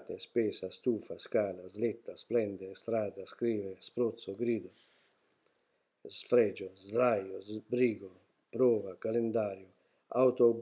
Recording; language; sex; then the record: read list of words; Italian; male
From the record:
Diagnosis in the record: healthy control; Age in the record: 68 years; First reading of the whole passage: 59 s, 8.4 characters per second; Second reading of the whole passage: 56 s, 8.8 characters per second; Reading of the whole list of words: 34 s, 8.3 characters per second